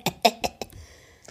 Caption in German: Ich huste schon mal an, dass man hört, wie es echt Husten ist.